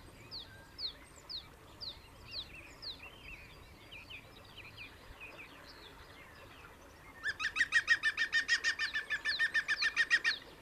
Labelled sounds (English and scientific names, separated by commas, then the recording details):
European Green Woodpecker (Picus viridis) song
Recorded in the wild
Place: Kaiserslautern, Rheinland-Pfalz, DE
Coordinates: 49.3939, 7.73056
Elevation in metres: 313
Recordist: Tretzel, Erwin